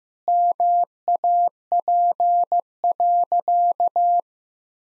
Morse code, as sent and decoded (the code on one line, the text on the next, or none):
-- .- .--. .-.-.-
MAP.